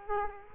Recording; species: mosquito wingbeat signal from an infrared sensor; Culex quinquefasciatus